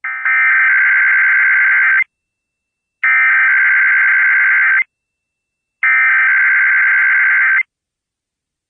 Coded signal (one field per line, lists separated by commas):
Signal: Emergency Alert System (SAME) tones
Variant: header bursts